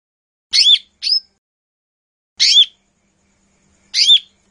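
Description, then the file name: Lesser green leafbird song: scattered sharp, slurred whistled notes, a close pair followed by two single notes spaced well apart. "cucak hijau mini. omkicau"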